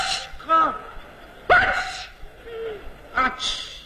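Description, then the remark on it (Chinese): A man vocally imitates how a Beijing person sneezes, a series of sneezes with sharp breathy bursts building up and releasing, interspersed with short gasps and strained voiced sounds over about four seconds. “那我问问您呢，您比如说这北京人打喷嚏什么味儿？”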